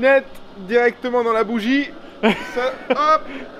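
A man talks while fitting a refill piece directly into its candle-like holder. Only his voice is heard, and nothing has seated or clicked yet.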